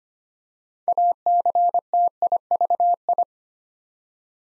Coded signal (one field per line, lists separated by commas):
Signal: Morse code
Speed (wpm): 25 wpm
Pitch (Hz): 700 Hz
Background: none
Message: ACTIVI